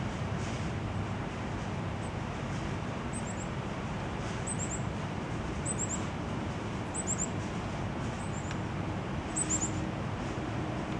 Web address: 20240420 045602 Yellow-bellied-Tit-series. beijing nocturnal flight call